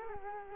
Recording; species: mosquito wingbeat signal from an infrared sensor; Culex quinquefasciatus